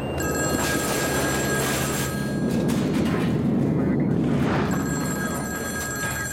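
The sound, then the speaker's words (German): A loud airplane crash explosion, after which the screen reads 'you crashed': a heavy, continuous rumbling roar with steady ringing alarm tones over it, swelling in noisy bursts partway through and holding until the end. No one speaks. “Dann stand auf dem Bildschirm, you crashed.”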